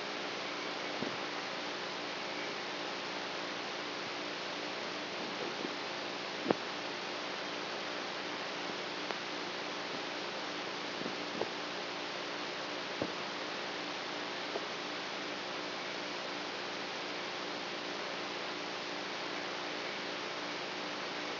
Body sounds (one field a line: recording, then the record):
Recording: brain microelectrode recording played as sound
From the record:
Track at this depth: outside the subthalamic nucleus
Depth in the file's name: -0.51 mm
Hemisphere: right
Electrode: 3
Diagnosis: Parkinson's disease